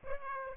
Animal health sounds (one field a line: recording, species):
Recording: mosquito wingbeat signal from an infrared sensor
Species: Aedes aegypti